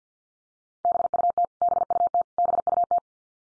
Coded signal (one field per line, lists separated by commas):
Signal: Morse code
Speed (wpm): 50 wpm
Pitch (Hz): 700 Hz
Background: none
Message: BUT BUT BUT